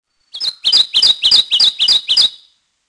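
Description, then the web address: Kentucky Warbler song: a rapid series of seven rich, rolling two-part phrases, with no other sounds. "Peterson North American Birds. kewa"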